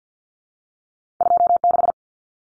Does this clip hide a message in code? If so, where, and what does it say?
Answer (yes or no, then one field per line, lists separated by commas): yes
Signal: Morse code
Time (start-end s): 1.2-1.9 s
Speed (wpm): 50 wpm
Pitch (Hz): 700 Hz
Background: none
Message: 26